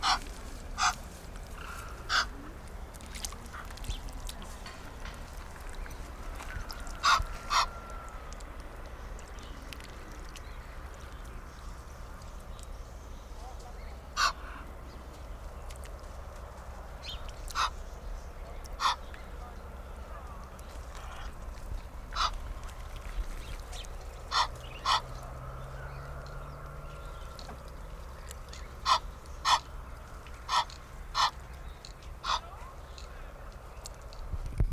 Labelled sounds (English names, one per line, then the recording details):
Egyptian Goose call
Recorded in captivity
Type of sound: call
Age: adult
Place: Vogelpark Bad Rothenfelde, Niedersachsen, DE
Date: 1991-09-14 16:39
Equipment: Marantz, Sennheiser ME 80, Kopie Tesla B 116
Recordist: Tembrock, Günter
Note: Lautfolgen